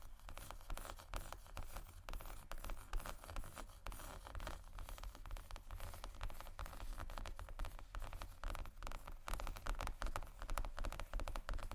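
Fingers tap and scratch across leather bags in a dense patter of quick, irregular strikes that continues with no pauses for the whole twelve seconds. The sound is crisp and bright, with a low, steady hum running underneath.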